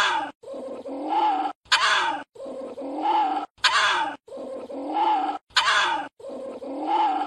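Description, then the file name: Civet calling in a steady series, each harsh crackling onset sliding into a drawn-out, quavering moan, roughly every two seconds, with sharp cuts between calls. "Tieng Chon Huong keu"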